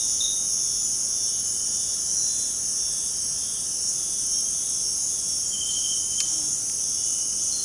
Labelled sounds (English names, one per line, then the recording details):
none
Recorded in dense forest near Puerto Asís, Putumayo, Colombia, on 21 February 2024 at 18:30
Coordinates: 0.503, -76.322
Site G6418